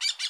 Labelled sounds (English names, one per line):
Brown-throated Parakeet contact call